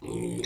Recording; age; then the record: pig call; weaner (32 to 43 days)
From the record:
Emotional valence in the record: negative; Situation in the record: long isolation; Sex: female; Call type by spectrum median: low-frequency call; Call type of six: mixed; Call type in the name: high-frequency modulated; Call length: 0.46 s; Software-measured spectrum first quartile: 288 Hz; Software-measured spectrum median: 745 Hz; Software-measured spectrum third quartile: 4552 Hz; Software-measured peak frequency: 351 Hz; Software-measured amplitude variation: 174 dB a second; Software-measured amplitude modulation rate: 26.1 a second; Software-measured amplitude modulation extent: 6.7 dB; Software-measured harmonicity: 9.3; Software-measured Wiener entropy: -4.39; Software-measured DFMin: 665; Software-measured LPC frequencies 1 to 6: 367, 2144, 3737, 5710, 6770, 7591 Hz